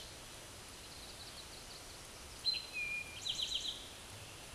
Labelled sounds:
Eastern Towhee (Pipilo erythrophthalmus) song
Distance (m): 25 m
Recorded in a Pennsylvania forest on 17 May 2023 at 13:15
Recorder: AudioMoth, point grid1_31_low
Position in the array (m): 120 m, 84 m

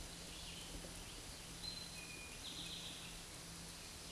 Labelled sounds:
Eastern Towhee (Pipilo erythrophthalmus) song
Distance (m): 55 m
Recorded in a Pennsylvania forest on 17 May 2023 at 13:27
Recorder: AudioMoth, point grid1_7_low
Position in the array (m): 117 m, 102 m

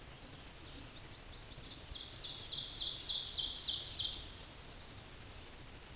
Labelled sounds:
Ovenbird (Seiurus aurocapilla) song
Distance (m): 25 m
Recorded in a Pennsylvania forest on 17 May 2023 at 13:37
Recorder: AudioMoth, point grid1_27_low
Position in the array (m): 143 m, 65 m

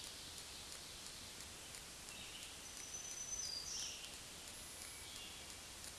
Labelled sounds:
Black-throated Green Warbler (Setophaga virens) song
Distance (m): 30 m
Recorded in a Pennsylvania forest on 1 June 2023 at 07:18
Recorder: AudioMoth, point grid3_2_low
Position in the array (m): 151 m, 30 m

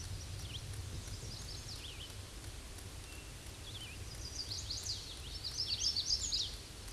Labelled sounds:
Chestnut-sided Warbler (Setophaga pensylvanica) song
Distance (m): 30 m
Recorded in a Pennsylvania forest on 18 May 2023 at 06:55
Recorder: AudioMoth, point grid1_32_low
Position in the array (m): 69 m, 134 m

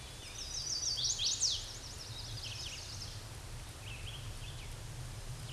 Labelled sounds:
Chestnut-sided Warbler (Setophaga pensylvanica) song
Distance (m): 20 m
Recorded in a Pennsylvania forest on 17 May 2023 at 11:49
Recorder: AudioMoth, point grid1_19_low
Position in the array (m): 110 m, 216 m

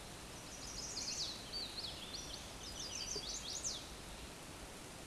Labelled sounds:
Chestnut-sided Warbler (Setophaga pensylvanica) song
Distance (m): 40 m
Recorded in a Pennsylvania forest on 17 May 2023 at 11:41
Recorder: AudioMoth, point grid1_37_low
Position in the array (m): 112 m, 209 m

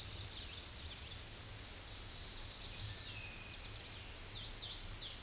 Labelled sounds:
Hooded Warbler (Setophaga citrina) song
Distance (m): 65 m
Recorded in a Pennsylvania forest on 18 May 2023 at 08:48
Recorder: AudioMoth, point grid1_30_low
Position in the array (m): 160 m, 133 m

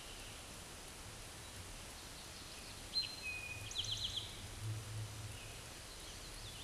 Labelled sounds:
Eastern Towhee (Pipilo erythrophthalmus) song
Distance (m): 35 m
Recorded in a Pennsylvania forest on 17 May 2023 at 13:26
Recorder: AudioMoth, point grid1_31_low
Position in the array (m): 114 m, 106 m

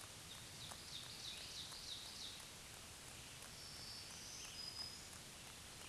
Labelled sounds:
Black-throated Green Warbler (Setophaga virens) song
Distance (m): 35 m
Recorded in a Pennsylvania forest on 1 June 2023 at 06:37
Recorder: AudioMoth, point grid3_21_high
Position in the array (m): 254 m, 194 m

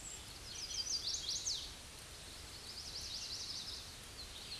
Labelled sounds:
Chestnut-sided Warbler (Setophaga pensylvanica) song
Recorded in a Pennsylvania forest on 18 May 2023 at 07:47
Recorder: AudioMoth, point grid1_41_low
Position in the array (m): 120 m, 207 m

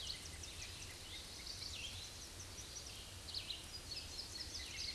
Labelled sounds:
Chestnut-sided Warbler (Setophaga pensylvanica) song
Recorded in a Pennsylvania forest on 18 May 2023 at 09:05
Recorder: AudioMoth, point grid1_18_low
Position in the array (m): 146 m, 196 m

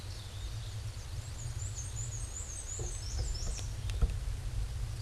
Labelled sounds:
Black-and-white Warbler (Mniotilta varia) song
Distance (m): 30 m
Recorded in a Pennsylvania forest on 18 May 2023 at 13:59
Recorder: AudioMoth, point grid1_9_low
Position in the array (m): 90 m, 92 m

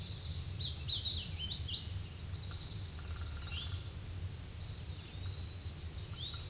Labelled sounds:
Hooded Warbler (Setophaga citrina) song
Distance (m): 30 m
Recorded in a Pennsylvania forest on 18 May 2023 at 08:14
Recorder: AudioMoth, point grid1_18_low
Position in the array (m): 171 m, 149 m

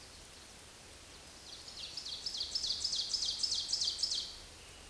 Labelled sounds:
Ovenbird (Seiurus aurocapilla) song
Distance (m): 20 m
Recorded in a Pennsylvania forest on 18 May 2023 at 05:57
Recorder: AudioMoth, point grid1_26_low
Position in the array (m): 161 m, 16 m

